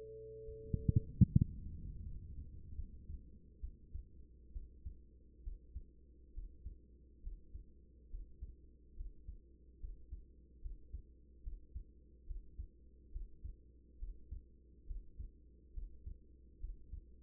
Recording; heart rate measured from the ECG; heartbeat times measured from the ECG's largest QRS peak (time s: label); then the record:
heart sounds by stethoscope; 71 bpm
0.45 s: heartbeat
1.31 s: heartbeat
2.04 s: heartbeat
2.75 s: heartbeat
3.60 s: heartbeat
4.52 s: heartbeat
5.43 s: heartbeat
6.33 s: heartbeat
7.22 s: heartbeat
8.10 s: heartbeat
8.96 s: heartbeat
9.79 s: heartbeat
10.61 s: heartbeat
11.43 s: heartbeat
12.26 s: heartbeat
13.11 s: heartbeat
13.98 s: heartbeat
14.86 s: heartbeat
15.73 s: heartbeat
16.59 s: heartbeat
From the record:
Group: healthy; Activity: rest 0-2 s, breath hold 2-17 s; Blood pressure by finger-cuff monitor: 114/79 mmHg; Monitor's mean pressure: 88 mmHg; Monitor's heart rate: 70 bpm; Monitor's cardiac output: 5.5 L/min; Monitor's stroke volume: 79 mL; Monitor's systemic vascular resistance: 1200 dyn s/cm5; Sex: female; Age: 24 years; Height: 163 cm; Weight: 55.7 kg